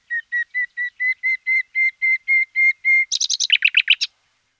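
Common nightingale song: a steady string of pure whistled notes growing louder, then a quick burst of harsh, rapid chattering notes.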